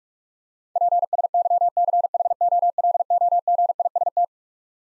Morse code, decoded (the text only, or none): PSYCHOLOGIST